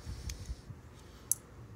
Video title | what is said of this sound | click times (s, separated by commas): Metri Pack 800 terminals with Waytek Wire 560 crimping tool | you can do you hear that click so now there's a retention | 1.3 s